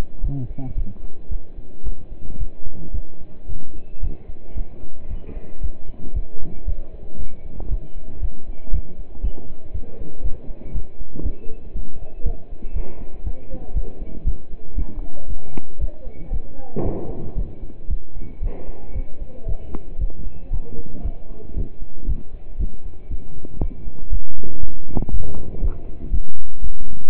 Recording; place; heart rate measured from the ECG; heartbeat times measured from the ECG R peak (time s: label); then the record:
heart sounds by stethoscope; between the tricuspid and mitral areas; 116 bpm
0.23 s: heartbeat
0.77 s: heartbeat
1.31 s: heartbeat
1.85 s: heartbeat
2.39 s: heartbeat
2.94 s: heartbeat
3.48 s: heartbeat
4.02 s: heartbeat
4.56 s: heartbeat
5.10 s: heartbeat
5.62 s: heartbeat
6.15 s: heartbeat
6.67 s: heartbeat
7.19 s: heartbeat
7.70 s: heartbeat
8.21 s: heartbeat
8.73 s: heartbeat
9.23 s: heartbeat
9.74 s: heartbeat
10.24 s: heartbeat
10.74 s: heartbeat
11.25 s: heartbeat
11.75 s: heartbeat
12.25 s: heartbeat
12.75 s: heartbeat
13.26 s: heartbeat
13.75 s: heartbeat
14.26 s: heartbeat
14.77 s: heartbeat
15.29 s: heartbeat
15.80 s: heartbeat
16.32 s: heartbeat
16.85 s: heartbeat
17.37 s: heartbeat
17.90 s: heartbeat
18.42 s: heartbeat
18.95 s: heartbeat
19.48 s: heartbeat
20.00 s: heartbeat
20.52 s: heartbeat
21.05 s: heartbeat
21.56 s: heartbeat
22.08 s: heartbeat
22.59 s: heartbeat
23.10 s: heartbeat
23.61 s: heartbeat
24.12 s: heartbeat
24.62 s: heartbeat
25.12 s: heartbeat
25.63 s: heartbeat
26.13 s: heartbeat
26.63 s: heartbeat
From the record:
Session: pedaling a stationary bicycle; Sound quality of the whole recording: partially saturated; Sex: male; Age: 27 years